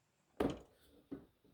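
A plastic A45-style rear diffuser is lined up with the factory rear bumper of a Mercedes W177 A250 and pushed until its plastic clips engage. A sharp pop at 0.4 s marks the clips seating, followed by a second, softer knock around 1.1 s. The diffuser is seated in the bumper.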